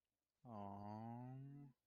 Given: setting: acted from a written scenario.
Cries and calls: vocal sound without words; sympathy

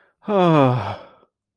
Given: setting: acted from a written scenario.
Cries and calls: vocal sound without words; relief

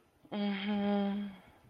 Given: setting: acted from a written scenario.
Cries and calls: vocal sound without words; sympathy

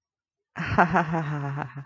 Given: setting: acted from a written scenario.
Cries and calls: vocal sound without words; pride

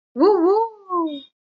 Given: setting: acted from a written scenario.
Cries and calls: vocal sound without words; triumph

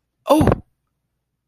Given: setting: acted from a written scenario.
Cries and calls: vocal sound without words; pain

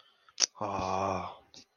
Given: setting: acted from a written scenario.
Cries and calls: vocal sound without words; sympathy

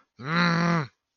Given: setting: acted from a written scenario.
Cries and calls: vocal sound without words; anger

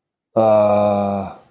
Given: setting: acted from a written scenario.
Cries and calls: vocal sound without words; embarrassment

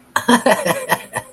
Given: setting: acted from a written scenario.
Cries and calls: vocal sound without words; amusement

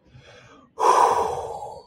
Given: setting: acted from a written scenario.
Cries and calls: vocal sound without words; relief

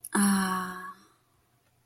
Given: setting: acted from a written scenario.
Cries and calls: vocal sound without words; romantic love

